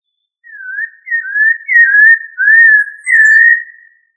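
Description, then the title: Thrush song of clear, fluty whistled notes, five slurred phrases wavering up and down at a steady mid pitch, with no other sounds. "Familia Turdidae - Sabia"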